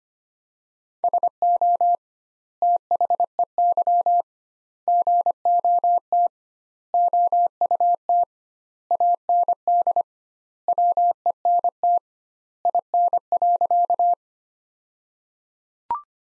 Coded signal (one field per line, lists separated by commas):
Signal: Morse code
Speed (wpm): 25 wpm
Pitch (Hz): 700 Hz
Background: none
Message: SO THEY GOT OUT AND WENT IN.